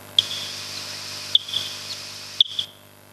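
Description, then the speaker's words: Barbastelle echolocation calls, slowed down: a few short, sharp pips, some followed closely by a fainter one, over faint hiss. Typical barbastelle calls, played back ten times slower to become audible. "Ist in diesem Fall ist es eine Mopsfledermaus. Und das sind so diese typischen Rufe einer Mopsfledermaus."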